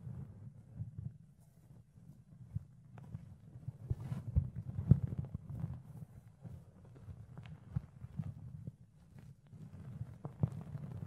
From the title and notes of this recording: ASMR Fluffy Ear Cleaning, Ear Picking (No Talking).